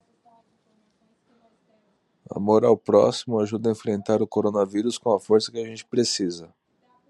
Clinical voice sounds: spoken sentence; Brazilian Portuguese; male; 30 to 39 years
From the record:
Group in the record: control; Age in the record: 37 years

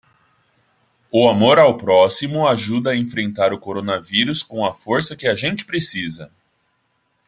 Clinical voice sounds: spoken sentence; Brazilian Portuguese; female; 30 to 39 years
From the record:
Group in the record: control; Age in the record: 34 years

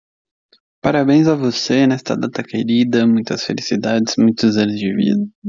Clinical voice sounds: short text; Brazilian Portuguese; male; 20 to 29 years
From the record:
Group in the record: control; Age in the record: 26 years

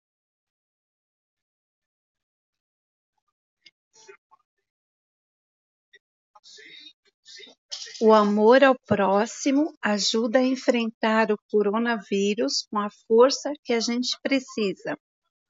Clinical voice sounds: spoken sentence; Brazilian Portuguese; female; 50 to 59 years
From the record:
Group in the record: control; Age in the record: 55 years

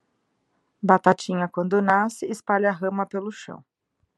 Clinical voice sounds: short text; Brazilian Portuguese; female; 30 to 39 years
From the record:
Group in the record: control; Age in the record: 30 years

